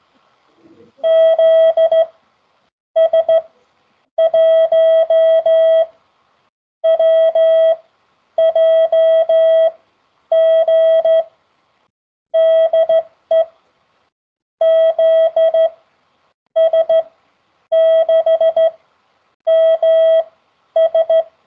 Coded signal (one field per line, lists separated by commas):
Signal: Morse code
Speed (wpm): 15 wpm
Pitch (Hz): 650 Hz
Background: none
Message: ZS1WJG DE ZS6MS